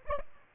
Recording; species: mosquito wingbeat signal from an infrared sensor; Aedes albopictus